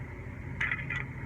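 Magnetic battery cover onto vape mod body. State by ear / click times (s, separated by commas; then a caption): seated / 0.9 s. The magnetic battery cover of a Smoant Charon vape mod, assembled with a Smok TFV-12 tank, is taken off and put back onto the mod body, with a soft scraping sound as it slides into place. It snaps shut with a quiet click at 0.9 s, and the cover is seated.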